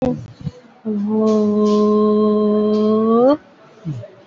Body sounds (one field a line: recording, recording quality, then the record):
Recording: sustained vowel as in boot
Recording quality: excellent, no background noise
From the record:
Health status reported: COVID-19 positive, mild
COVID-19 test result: positive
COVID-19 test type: RT-PCR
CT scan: not taken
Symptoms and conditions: cough, fatigue, hypertension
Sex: female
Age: 75 years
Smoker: no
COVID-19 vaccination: one dose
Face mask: worn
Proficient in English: no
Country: India